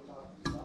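A torque wrench set to 20 Nm tightens an allen bolt of the genuine top case mounting plate on a Yamaha Tracer 9 GT motorcycle. After low background noise, a single sharp click-like hit sounds at 0.5 s, followed by a brief ringing decay. The wrench clicks at its setting, and the plate is on and torqued.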